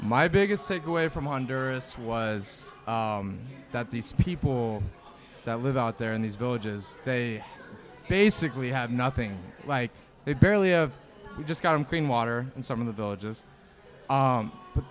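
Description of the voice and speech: One adult speaks fluently at a relaxed pace with ordinary filled pauses, in a reverberant room; speech is normal.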